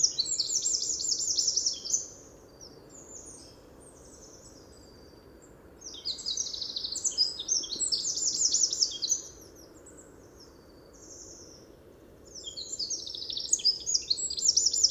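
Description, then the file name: Eurasian wren song, three loud bursts of very high, rapid trilling notes, each lasting a few seconds and separated by pauses of quiet background hiss. "Troglodytes troglodytes"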